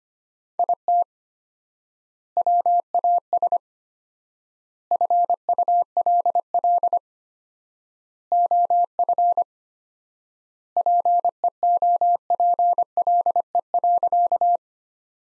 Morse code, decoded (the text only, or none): IT WAS FULL OF PEOPLE.